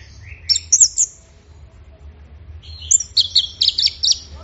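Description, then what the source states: Orange-headed thrush giving two bursts of rich, rapid whistled and chattering song separated by a quiet gap, with low hum beneath. Bird in full song (gacor); recording used for training songbirds.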